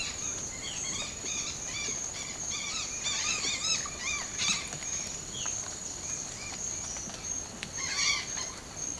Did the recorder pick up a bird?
yes